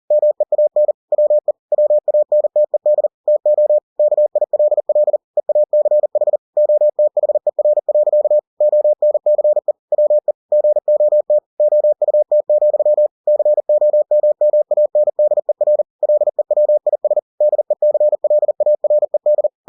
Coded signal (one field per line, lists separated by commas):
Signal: Morse code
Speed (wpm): 40 wpm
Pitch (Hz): 600 Hz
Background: none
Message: MEAN WE WANTED TO KILL EACH OTHER. ONCE WE GOT OUT, COMMANDER LEWIS DECLARED